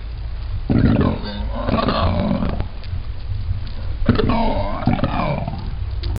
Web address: Whale ΗΧΟΙ ΦΑΛΑΙΝΑΣ orca